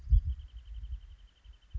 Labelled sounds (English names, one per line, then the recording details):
Wrentit
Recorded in Sonoma County, California